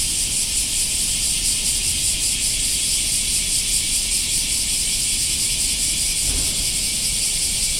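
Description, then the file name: Black cicadas producing an unbroken, piercing buzz with a gentle throbbing texture, one brief soft knock partway through, low rumble in the background. "black cicadas"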